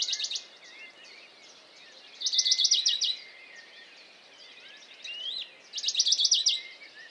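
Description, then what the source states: Western Bonelli's warbler singing short trills of fast repeated notes, strophes a few seconds apart, over a busy background of other small birds calling. Dawn chorus, 6 May 2020, Valmaravel, Drôme; unpaired bird fixed on a small pine branch, singing rapid courtship song to attract a female, unlike its usual spaced strophes while feeding; Nagra Seven, MKH40.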